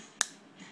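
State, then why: Seated. A metal implement on a Leatherman Fuse folding multitool is opened until it locks into place in the handle, giving a single sharp, bright metallic snap at 0.2 s over a quiet background. The implement is locked open and seated.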